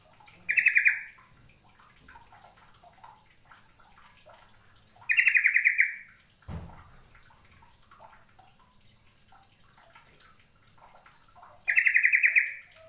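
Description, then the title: Bird chirping song: three short bursts of rapid, bright chirps several seconds apart, with a single low thump between the first two. "Kicau Burung"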